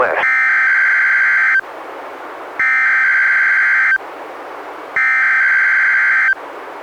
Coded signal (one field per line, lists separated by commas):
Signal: Emergency Alert System (SAME) tones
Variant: header bursts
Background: speech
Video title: EAS #209-214: 6 NWR Required Weekly Tests- Nov. 15-Dec. 20, 2017